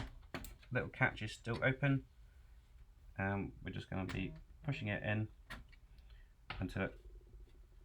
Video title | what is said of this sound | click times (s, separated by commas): Custom PC Build | until it locks into place with that clip and you can always ensure that clip has shut fully and | 6.5 s